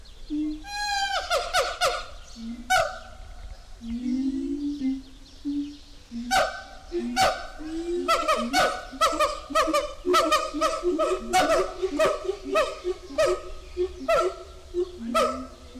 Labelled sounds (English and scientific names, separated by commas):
Siamang (Symphalangus syndactylus)